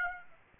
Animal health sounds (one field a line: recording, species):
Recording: mosquito wingbeat signal from an infrared sensor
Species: Aedes aegypti